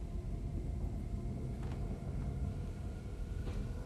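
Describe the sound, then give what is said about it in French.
A low, steady thunderstorm rumble rolls on without a break, deep and muffled, with a faint brighter crackle flickering briefly above it and no voices. “L'orage.”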